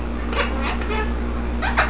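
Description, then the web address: Eclectus parrot making kiss sounds: a few short, smacking clicks at uneven intervals over a steady low hum. "Heartland Meadows 3222 eclectus"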